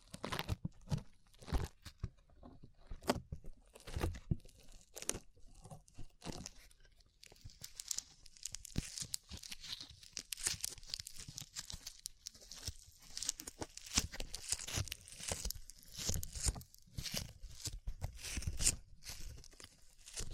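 Slime being squished and pulled, with quick crackling and tearing pops that come in dense, irregular bursts throughout. The sounds are bright and crisp, with short, sharp snaps. From about seven seconds on, a steady hiss-like texture runs underneath the pops.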